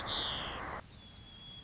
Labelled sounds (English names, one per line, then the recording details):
White-crowned Sparrow
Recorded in Sonoma County, California